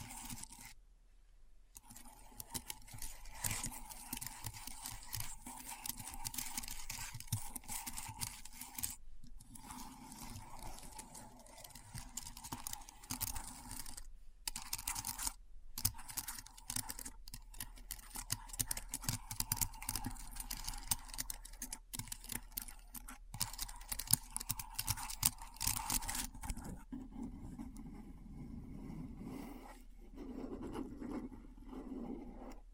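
Keyboard typing runs as dense, rapid clicking, with short pauses around 2, 9 and 15 seconds. The keystrokes are crisp and bright, over a steady faint tone in the middle range. Near the end the clicking thins out and turns softer and lower.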